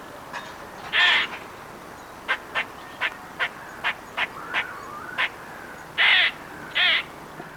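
Squirrel calls: harsh rasping bursts near the start and end, with a string of sharp clicking notes in between.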